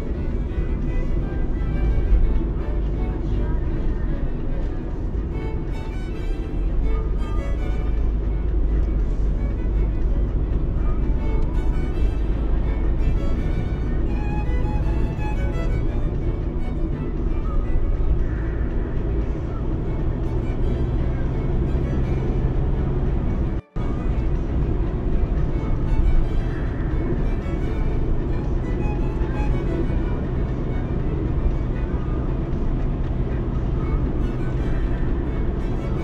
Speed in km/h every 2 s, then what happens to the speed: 52, 52, 49, 49, 52, 55, 57, 59, 57, 64, 71, 72, 68, 68, 69, 68, 69, 71.
0-6 steady at about 49. 6-21 speeds up to 72. 21-36 steady at about 69.